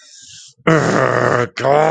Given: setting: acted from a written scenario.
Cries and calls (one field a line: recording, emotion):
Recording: vocal sound without words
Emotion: anger